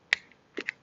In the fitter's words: we have this side here the key side it slides right into this hole we're going to put put it all the way in until it clicks